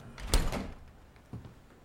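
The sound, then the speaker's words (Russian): A refrigerator door is pulled open with a sharp click and a soft rush of air, then a quieter knock follows about a second later, as someone reopens it to take out another bottle of water. “Снова открывает и берет еще одну.”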